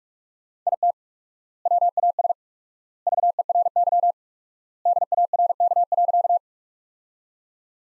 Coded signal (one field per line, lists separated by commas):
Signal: Morse code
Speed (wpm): 46 wpm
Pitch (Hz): 700 Hz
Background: none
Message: IT WAS VERY DARK.